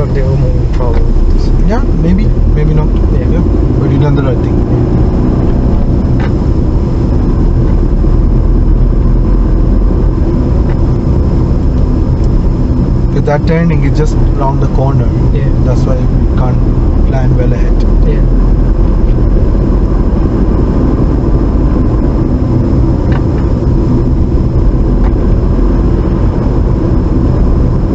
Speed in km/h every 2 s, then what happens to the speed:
19, 27, 31, 31, 34, 31, 29, 27, 32, 35, 39, 34, 35, 35.
0-3 speeds up to 31. 3-14 steady at about 31. 14-19 speeds up to 39. 19-28 steady at about 35.